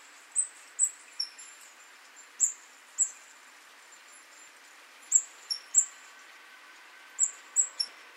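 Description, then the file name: Great tit calls: short, very high notes in loose groups of two or three, repeated irregularly against faint background noise. "Parus major"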